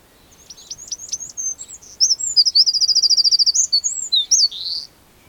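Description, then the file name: Eurasian wren delivering a loud, very high, rapid song: sweeping whistled notes, then a fast rattling trill in the middle, ending with quick buzzy flourishes. "Troglodytes troglodytes"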